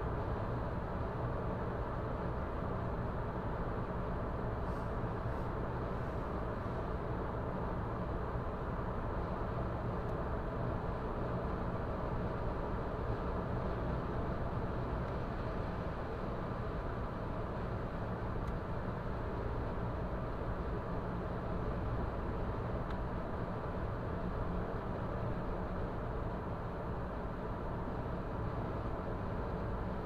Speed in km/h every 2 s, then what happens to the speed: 110, 110, 110, 110, 110, 110, 110, 110, 104, 102, 103, 103, 98, 96, 94.
0-14 steady at about 110. 14-30 slows to 94.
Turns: none.